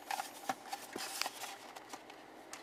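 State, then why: Not seated. A replacement USB/media hub for a 2014-2018 Jeep Cherokee is being slid into the same opening in the plastic console trim, giving soft rubbing and handling noises with brief ticks around 0.5 s and 1.2 s. Nothing has seated or clicked yet.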